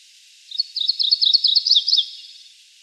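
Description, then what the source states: MacGillivray's Warbler, one short burry song of rapid repeated notes, without a distinct two-part pattern. A common variant song type with a rich, burry tone, lacking the two-part feel of the more typical song type.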